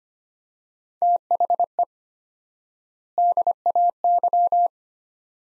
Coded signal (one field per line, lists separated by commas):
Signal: Morse code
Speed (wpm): 25 wpm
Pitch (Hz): 700 Hz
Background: none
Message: THE DAY